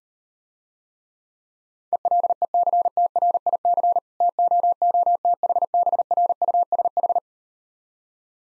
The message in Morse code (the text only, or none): ELECTRIC TOOTHBRUSH